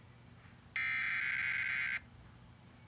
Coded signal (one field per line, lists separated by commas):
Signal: Emergency Alert System (SAME) tones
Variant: header bursts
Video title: Emergency Alert System Warning Torando June 6, 2014